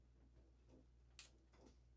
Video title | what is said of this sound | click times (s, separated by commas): Lets Build a PC! - PC Build Guide Part 2 - Cable Management | and you'll physically hear a click when you know you've got it seated right okay | 1.2 s